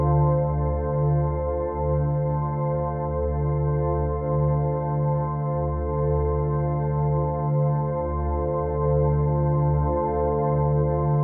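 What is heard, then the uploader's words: A deep, sustained space drone holds steady for the whole stretch, built from stacked low tones with a ringing, bowl-like hum. Slow swells and brief dips ripple through the bottom end, while nothing rises above the middle range; the sound stays dark and unbroken. Outer Space Drone.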